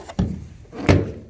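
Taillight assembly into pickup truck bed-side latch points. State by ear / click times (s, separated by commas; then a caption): seated / 0.9 s. The passenger taillight assembly on a 2005 Dodge Ram 1500 HEMI pickup has its pins inserted into the two latch points on the truck body. The housing is then pressed in. A dull thump comes at 0.2 s, then a louder, sharp click at 0.9 s as the housing clicks into the latch points and seats.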